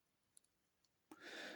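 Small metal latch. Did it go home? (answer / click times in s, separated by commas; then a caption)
yes / 0.4 s, 1.1 s. The metal folding cross guard of a Finka NKVD KGB folding knife swings on its small pivot into its locked position on the knife handle. Sharp clicks sound at 0.4 s and 1.1 s, with fainter ticks between them and a broad hiss rising after the second click. The cross guard locks into place.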